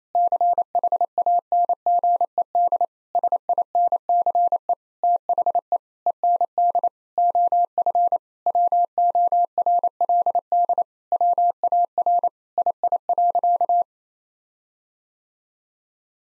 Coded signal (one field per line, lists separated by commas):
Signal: Morse code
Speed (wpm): 28 wpm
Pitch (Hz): 700 Hz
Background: none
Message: CHANGED SINCE THE END OF WORLD WAR II.